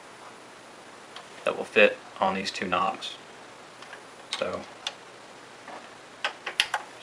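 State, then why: Seated. An eject button piece is fitted onto the plastic front housing of an Xbox 360 console, with its notch set over two knobs, and pushed until it pops into place. Someone talks, then a few small taps lead to a sharp click at 6.6 seconds as the piece snaps into place and seats.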